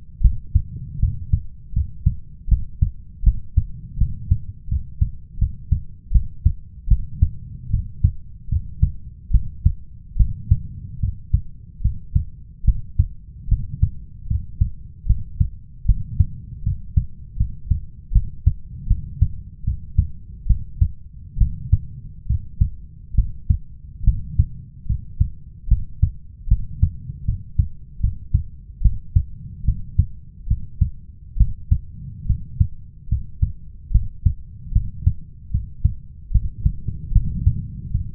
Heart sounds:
heart sounds by stethoscope; 75 bpm
0.21 s: heartbeat
1.00 s: heartbeat
1.73 s: heartbeat
2.48 s: heartbeat
3.23 s: heartbeat
3.98 s: heartbeat
4.68 s: heartbeat
5.38 s: heartbeat
6.12 s: heartbeat
6.88 s: heartbeat
7.70 s: heartbeat
8.49 s: heartbeat
9.31 s: heartbeat
10.17 s: heartbeat
11.00 s: heartbeat
11.81 s: heartbeat
12.64 s: heartbeat
13.48 s: heartbeat
14.27 s: heartbeat
15.06 s: heartbeat
15.85 s: heartbeat
16.63 s: heartbeat
17.37 s: heartbeat
18.12 s: heartbeat
18.87 s: heartbeat
19.64 s: heartbeat
20.47 s: heartbeat
21.38 s: heartbeat
22.27 s: heartbeat
23.15 s: heartbeat
24.04 s: heartbeat
24.86 s: heartbeat
25.68 s: heartbeat
26.48 s: heartbeat
27.25 s: heartbeat
28.00 s: heartbeat
28.82 s: heartbeat
29.65 s: heartbeat
30.47 s: heartbeat
31.37 s: heartbeat
32.26 s: heartbeat
33.08 s: heartbeat
33.91 s: heartbeat
34.72 s: heartbeat
35.51 s: heartbeat
36.31 s: heartbeat
37.12 s: heartbeat
37.91 s: heartbeat
From the record:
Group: healthy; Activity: cold pressor test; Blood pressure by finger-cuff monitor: 109/73 mmHg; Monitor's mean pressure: 81 mmHg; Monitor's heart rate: 75 bpm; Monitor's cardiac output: 5.7 L/min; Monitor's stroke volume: 76 mL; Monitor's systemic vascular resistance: 1030 dyn s/cm5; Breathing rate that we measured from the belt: 22 breaths a minute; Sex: male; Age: 21 years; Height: 170 cm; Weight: 71 kg

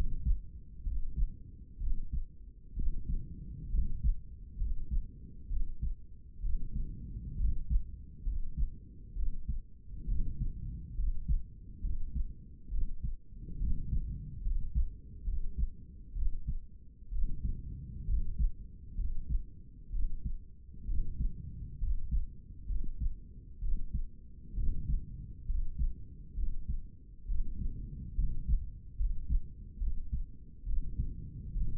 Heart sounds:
heart sounds by stethoscope; 66 bpm
0.86 s: heartbeat
1.81 s: heartbeat
2.77 s: heartbeat
3.73 s: heartbeat
4.60 s: heartbeat
5.50 s: heartbeat
6.43 s: heartbeat
7.40 s: heartbeat
8.26 s: heartbeat
9.17 s: heartbeat
10.09 s: heartbeat
10.98 s: heartbeat
11.84 s: heartbeat
12.72 s: heartbeat
13.61 s: heartbeat
14.45 s: heartbeat
15.27 s: heartbeat
16.16 s: heartbeat
17.13 s: heartbeat
18.09 s: heartbeat
18.99 s: heartbeat
19.93 s: heartbeat
20.88 s: heartbeat
21.82 s: heartbeat
22.70 s: heartbeat
23.62 s: heartbeat
24.57 s: heartbeat
25.49 s: heartbeat
26.37 s: heartbeat
27.29 s: heartbeat
28.18 s: heartbeat
28.99 s: heartbeat
29.81 s: heartbeat
30.67 s: heartbeat
31.56 s: heartbeat
From the record:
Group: healthy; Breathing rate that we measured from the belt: 17 breaths a minute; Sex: male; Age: 30 years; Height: 188 cm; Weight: 110.2 kg

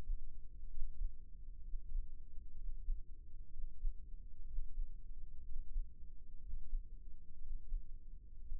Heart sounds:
heart sounds by microphone in the left ear; 62 bpm
0.70 s: heartbeat
1.64 s: heartbeat
2.57 s: heartbeat
3.52 s: heartbeat
4.46 s: heartbeat
5.44 s: heartbeat
6.42 s: heartbeat
7.41 s: heartbeat
8.40 s: heartbeat
From the record:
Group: healthy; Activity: breath hold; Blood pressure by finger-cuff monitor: 130/61 mmHg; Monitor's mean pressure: 76 mmHg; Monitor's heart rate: 63 bpm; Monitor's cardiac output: 6.3 L/min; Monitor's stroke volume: 99 mL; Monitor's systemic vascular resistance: 880 dyn s/cm5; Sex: male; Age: 22 years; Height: 181 cm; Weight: 79 kg

